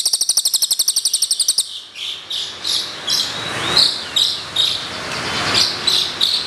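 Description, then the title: Bird song opening with a fast, evenly repeated high chirping trill for under two seconds, then scattered bright chirps. "SUARA BURUNG"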